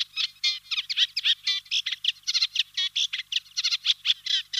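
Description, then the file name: Eurasian reed warbler song, a rapid unbroken run of harsh grating and chattering notes, some repeated two or three times. "Reed Warbler Acrocephalus scirpaceus"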